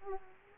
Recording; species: mosquito wingbeat signal from an infrared sensor; Aedes aegypti